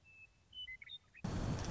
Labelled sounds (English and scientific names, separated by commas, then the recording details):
Western Meadowlark (Sturnella neglecta)
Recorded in Sonoma County, California